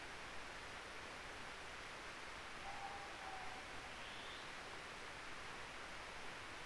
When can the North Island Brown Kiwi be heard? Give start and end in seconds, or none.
none